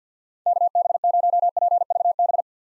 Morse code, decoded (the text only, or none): KB0PVB